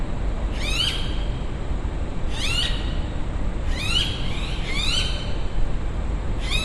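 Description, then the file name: Bird calls: short, harsh rising notes with stacked harmonics, given in several bursts over a steady low rumble of background noise. Recorded outdoors in the evening at a university recreation area in Brisbane. "zapsplat public places uni recreation area ext quite few people birds eve brisbane"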